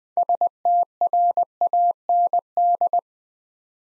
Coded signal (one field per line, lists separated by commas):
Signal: Morse code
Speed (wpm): 20 wpm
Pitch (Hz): 700 Hz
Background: none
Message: STRAND